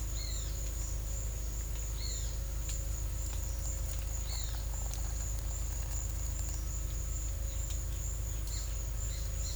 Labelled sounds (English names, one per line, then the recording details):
Great Kiskadee
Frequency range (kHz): Great Kiskadee 1.2-5.9 kHz
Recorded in secondary vegetation near Puerto Asís, Putumayo, Colombia, on 18 December 2024 at 13:30
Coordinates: 0.499, -76.323
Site G010